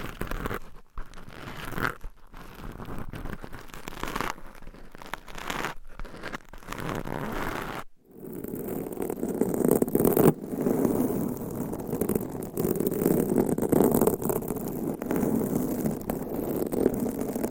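Nails scratch over a microphone cover, a dense, rough rasping with short breaks in the first eight seconds. After a brief silence near eight seconds the scratching resumes heavier and more continuous, fuller in the low-middle range, with crinkly, crunchy bursts throughout.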